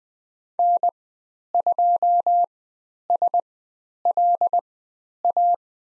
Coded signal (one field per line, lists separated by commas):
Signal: Morse code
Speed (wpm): 20 wpm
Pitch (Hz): 700 Hz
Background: none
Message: N2SLA